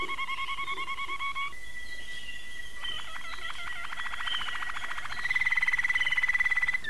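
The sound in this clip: Domestic canary song made of level whistled trills and a steady tone, followed by a fast pulsing buzzy roll that grows louder toward the end.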